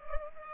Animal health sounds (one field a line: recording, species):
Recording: mosquito wingbeat signal from an infrared sensor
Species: Culex pipiens